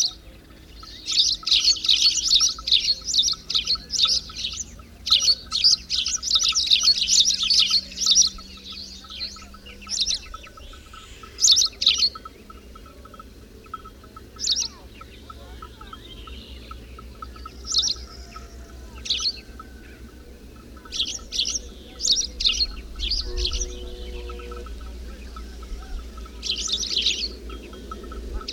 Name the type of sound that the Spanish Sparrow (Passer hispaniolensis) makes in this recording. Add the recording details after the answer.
song. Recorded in the wild. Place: Svoboda, Plodiv, BG. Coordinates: 42.395, 24.337. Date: 1974-05-28. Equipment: Nagra III BH, Sennheiser MD 21, parabola. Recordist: Schubert, Michael